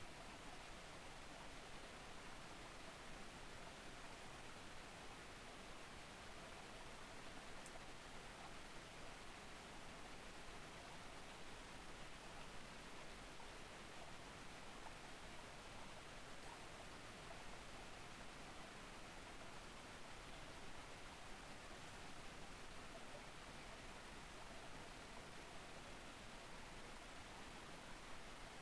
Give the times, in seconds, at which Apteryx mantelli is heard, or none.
none